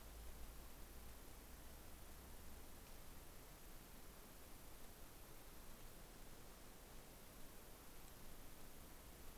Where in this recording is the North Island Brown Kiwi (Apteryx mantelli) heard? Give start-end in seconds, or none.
none